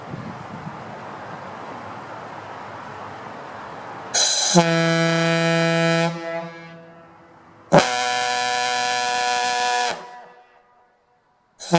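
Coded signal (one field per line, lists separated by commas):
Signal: coded fire alarm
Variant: Gamewell diaphone horn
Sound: two long, deep, brassy diaphone horn blasts, each ending in a grunt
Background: speech, outdoor background noise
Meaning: Test blasts of a firehouse alarm horn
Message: 2 long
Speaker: let's see what this piston does sounds to me like it's got a little bit deeper tone on that piston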